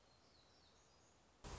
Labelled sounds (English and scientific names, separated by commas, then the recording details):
Black-throated Gray Warbler (Setophaga nigrescens)
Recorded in Sonoma County, California